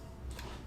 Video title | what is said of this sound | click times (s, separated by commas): The Fall of Apple/Rise of Microsoft | and it locks into place and you're | 0.3 s, 0.4 s